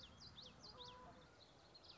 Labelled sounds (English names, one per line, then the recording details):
Common Yellowthroat
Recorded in Sonoma County, California